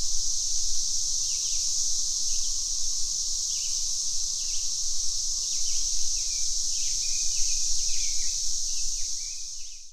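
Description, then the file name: Cicada song, a steady high-pitched shrill drone running without break, with short bird chirps scattered over it. Nature ambience with birds, Midwest USA. "kevin boucher nature ambience ciada birds midwest usa"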